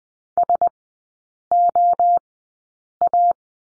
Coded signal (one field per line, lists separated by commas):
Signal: Morse code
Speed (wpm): 20 wpm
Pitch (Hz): 700 Hz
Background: none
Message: SOA